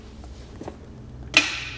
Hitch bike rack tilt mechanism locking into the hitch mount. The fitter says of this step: just lift until you hear that click